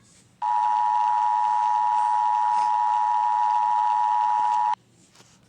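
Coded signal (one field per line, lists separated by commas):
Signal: Emergency Alert System (SAME) tones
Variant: 853 and 960 Hz attention tone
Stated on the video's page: Fictional EAS scenario.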